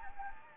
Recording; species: mosquito wingbeat signal from an infrared sensor; Anopheles gambiae